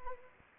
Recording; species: mosquito wingbeat signal from an infrared sensor; Anopheles arabiensis